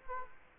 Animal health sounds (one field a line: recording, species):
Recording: mosquito wingbeat signal from an infrared sensor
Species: Culex quinquefasciatus